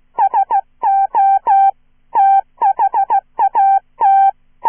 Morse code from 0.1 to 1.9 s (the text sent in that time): SO